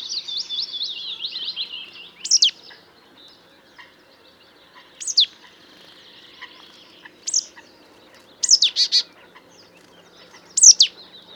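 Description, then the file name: Marsh tit calls: a falling trill opens, followed by short, high, steeply descending notes given singly or in pairs every few seconds. "Poecile palustris"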